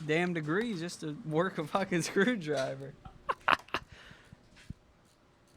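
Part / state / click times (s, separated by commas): bottom panel screw in a laptop chassis / stripped / 3.7 s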